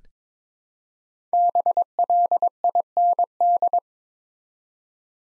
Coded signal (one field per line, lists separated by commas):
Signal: Morse code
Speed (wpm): 22 wpm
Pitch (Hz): 700 Hz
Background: none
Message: BLIND